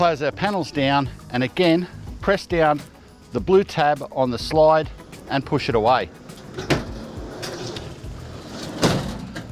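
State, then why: Seated. Someone talks over background music while the blue release tab on the slide is pressed down and the slide-out kitchen drawer of an AusRV Titan12 camper trailer is pushed in along its slide. After a couple of knocks at 6.7 s and 7.8 s, the drawer locks home into the trailer body's slide lock with a firm thud at 8.8 s, and the blue tab pops back up.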